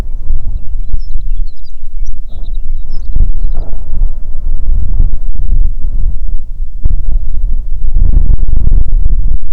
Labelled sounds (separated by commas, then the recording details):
songbird, wind
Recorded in the Prudhoe Bay oil fields, Alaska, on 6 June 2019 at 04:29
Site 16